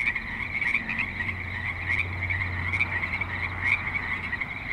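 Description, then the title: Frogs croaking in a thick, raspy chorus, with a steady low traffic hum running underneath. Creek in suburban Spanish Springs, Nevada; light traffic and other suburban sounds present. "Frogs in Spanish Springs, NV - creek view"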